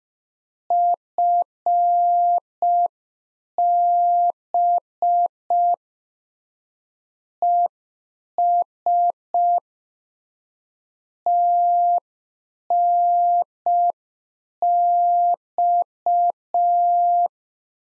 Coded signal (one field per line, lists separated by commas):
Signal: Morse code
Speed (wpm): 5 wpm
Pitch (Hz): 700 Hz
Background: none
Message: FB ES TNX